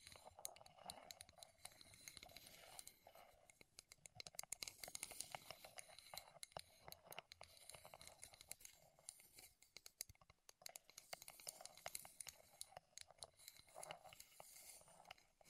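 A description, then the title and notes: Wood triggers make dense, crisp tapping and scratching clicks throughout, bright and irregular, with busier bursts around five and twelve seconds. ASMR Wood Triggers in Your Ears (No Talking).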